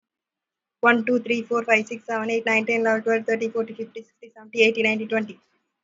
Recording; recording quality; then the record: counting at a fast pace; excellent, no background noise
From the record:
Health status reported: COVID-19 positive, mild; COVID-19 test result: positive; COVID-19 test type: RT-PCR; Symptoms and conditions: cough, fatigue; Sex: female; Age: 22 years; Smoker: no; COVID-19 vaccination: one dose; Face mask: worn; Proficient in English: yes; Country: India